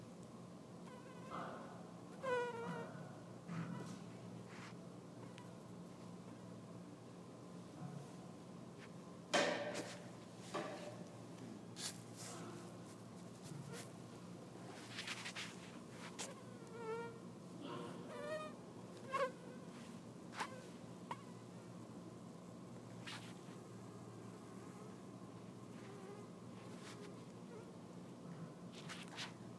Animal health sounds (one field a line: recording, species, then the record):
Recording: mosquito flight sound by mobile phone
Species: Anopheles dirus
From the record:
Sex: female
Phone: iPhone 4S